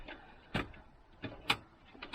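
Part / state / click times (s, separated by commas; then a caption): graphics card into PCIe slot / seated / 1.5 s. A graphics card is pushed into the PCIe slot of a small Dell Optiplex 3020 desktop case, with a few dull knocks and rustles of handling. One sharp click at 1.5 s marks the card clipping in and seating in the slot.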